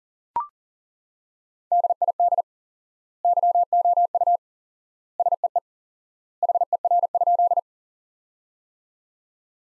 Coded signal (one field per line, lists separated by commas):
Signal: Morse code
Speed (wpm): 40 wpm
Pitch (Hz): 700 Hz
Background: none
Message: DID YOU SEE HER?